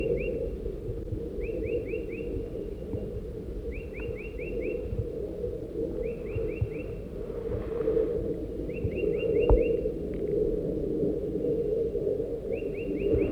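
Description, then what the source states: Crossbill calls in quick chittering bursts of several short notes, every few seconds, against a constant low rumble. Adults at the nest around noon after a long absence, chittering to the south of the nest.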